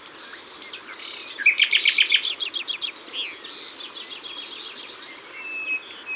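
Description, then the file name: Common nightingale song: a rapid rattling burst of evenly repeated notes, followed by chattering phrases and a thin whistle. Ardèche. "Rossignol-Philomele-Concerts-Naturels-De-l Ardeche"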